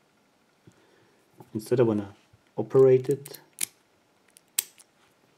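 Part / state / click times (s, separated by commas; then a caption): padlock shackle releasing from the lock body / released / 4.6 s. Someone talks as a small padlock is operated with its key, followed by a few faint clicks and a sharp metallic snap at 4.6 s. The shackle springs open from the lock body with a satisfying click, and the lock is released.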